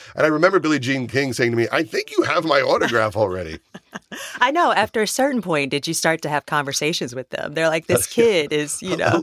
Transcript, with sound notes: And I remember Billie Jean King saying to me, I think you have my autograph already.
(Laughter) I know. After a certain point, did you start to have conversations with them? They're like, this kid is - you know?